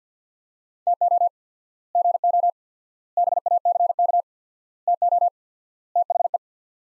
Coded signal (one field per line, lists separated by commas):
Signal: Morse code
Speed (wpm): 50 wpm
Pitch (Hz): 700 Hz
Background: none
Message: TO GO BACK TO THE